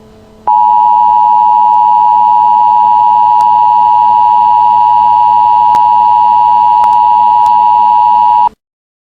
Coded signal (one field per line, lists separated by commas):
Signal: Emergency Alert System (SAME) tones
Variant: 853 and 960 Hz attention tone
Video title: eas alert